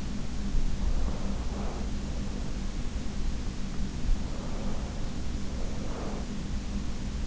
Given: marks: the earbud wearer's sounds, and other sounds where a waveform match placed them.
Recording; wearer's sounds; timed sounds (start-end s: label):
sounds in sleep by an in-ear microphone; breath
1.06-2.73 s: breath
4.20-6.70 s: breath